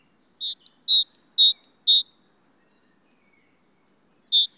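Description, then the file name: Great tit giving four strong, evenly spaced notes with sharp upper flicks, a faint trill trailing after, then silence before one more note begins at the end. "Parus major"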